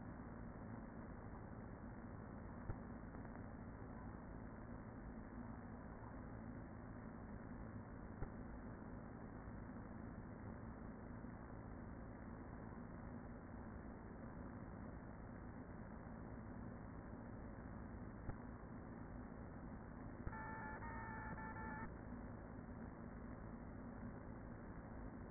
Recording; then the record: honeybee colony, microphone inside the hive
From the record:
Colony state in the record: queen present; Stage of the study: after two queens were removed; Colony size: about 40,000 bees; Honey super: no